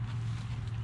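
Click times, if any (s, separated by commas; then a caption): none. A telescoping leg of an instant tent frame is pulled out toward its locked extended position, under a steady low rumble with a strong hum near 100 Hz and a windy, noisy hiss across the upper range. No sharp hits stand out, and nothing has seated or clicked yet.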